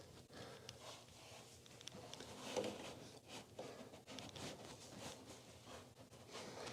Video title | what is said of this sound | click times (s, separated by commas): NLAM3 Part 26 How To Install A BMW E30 CATuned Headliner!! | so let me see if i can try twisting it and it should snap into place | 1.9 s